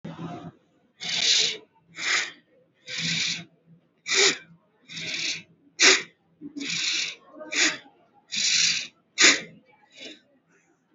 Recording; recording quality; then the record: deep breathing; excellent, no background noise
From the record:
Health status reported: recovered from COVID-19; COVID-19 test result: positive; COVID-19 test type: RT-PCR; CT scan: taken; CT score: 20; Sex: male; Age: 57 years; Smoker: no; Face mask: not worn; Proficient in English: yes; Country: India